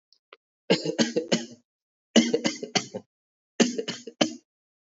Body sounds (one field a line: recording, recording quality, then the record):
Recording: shallow voluntary cough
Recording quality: excellent, no background noise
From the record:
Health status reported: healthy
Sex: male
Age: 29 years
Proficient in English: yes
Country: India